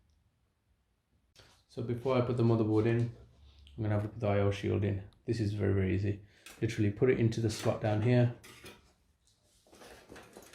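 Someone talks while handling a thin stamped-metal motherboard I/O shield, lining it up to push into the rear opening of a PC case. Faint handling noises follow the speech, with a brief small knock near 9.3 s. The shield has not clicked or seated yet.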